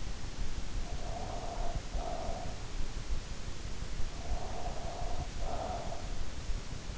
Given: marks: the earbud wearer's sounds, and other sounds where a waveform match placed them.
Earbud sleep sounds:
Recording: sounds in sleep by an in-ear microphone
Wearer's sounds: breath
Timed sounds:
0.86-2.81 s: breath
4.00-6.27 s: breath

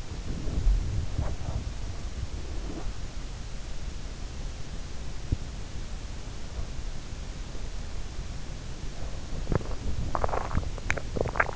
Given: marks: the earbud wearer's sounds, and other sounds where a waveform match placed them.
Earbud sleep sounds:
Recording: sounds in sleep by an in-ear microphone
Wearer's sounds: body movement, swallowing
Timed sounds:
0.00-2.99 s: body movement
9.39-11.56 s: swallowing

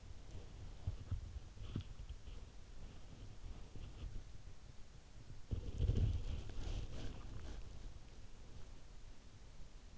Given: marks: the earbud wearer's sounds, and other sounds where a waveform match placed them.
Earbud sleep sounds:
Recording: sounds in sleep by an in-ear microphone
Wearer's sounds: body movement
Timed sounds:
0.00-8.37 s: body movement

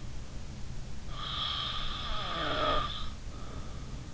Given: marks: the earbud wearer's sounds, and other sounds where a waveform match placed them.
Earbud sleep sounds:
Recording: sounds in sleep by an in-ear microphone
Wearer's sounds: snoring breath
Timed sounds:
1.16-3.99 s: snoring breath

